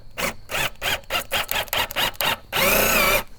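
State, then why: Not seated. A DeWalt screw extractor bit is driven by a drill into a long wood screw, pre-drilled to look stripped, in a 2x4. The drill whines in about eight short bursts, then runs continuously from about 2.5 s to 3.2 s. The bit never bites because the material looks rounded over, so nothing seats or grips.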